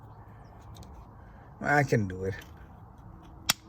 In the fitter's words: see that's how it snaps that's what holds it in there